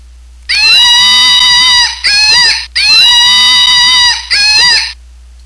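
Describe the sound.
Monkey screaming calls: two long, harsh, harmonic wails, each followed by a shorter scream, with a steady low hum throughout.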